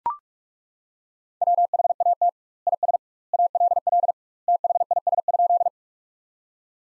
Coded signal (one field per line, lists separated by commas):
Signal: Morse code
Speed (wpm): 41 wpm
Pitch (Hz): 700 Hz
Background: none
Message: WHAT IS ALL THIS?